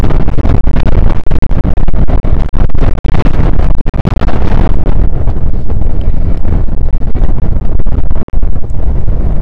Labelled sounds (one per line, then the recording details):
wind
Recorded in the Prudhoe Bay oil fields, Alaska, on 1 August 2019 at 02:01
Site 29